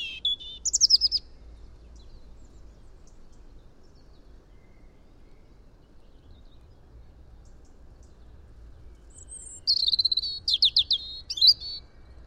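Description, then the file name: European robin song: a brief high warbled phrase at the start, a long pause, then a longer burst of thin whistles and rapid trills near the end. "Erithacus rubecula"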